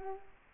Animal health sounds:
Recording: mosquito wingbeat signal from an infrared sensor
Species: Culex quinquefasciatus

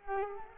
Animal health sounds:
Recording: mosquito wingbeat signal from an infrared sensor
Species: Culex quinquefasciatus

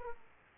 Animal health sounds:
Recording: mosquito wingbeat signal from an infrared sensor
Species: Aedes aegypti

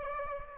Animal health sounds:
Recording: mosquito wingbeat signal from an infrared sensor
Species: Aedes aegypti

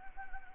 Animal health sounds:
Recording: mosquito wingbeat signal from an infrared sensor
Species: Anopheles gambiae

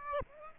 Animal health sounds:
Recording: mosquito wingbeat signal from an infrared sensor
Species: Aedes aegypti

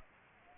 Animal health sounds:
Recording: mosquito wingbeat signal from an infrared sensor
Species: Aedes aegypti

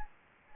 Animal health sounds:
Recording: mosquito wingbeat signal from an infrared sensor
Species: Anopheles gambiae

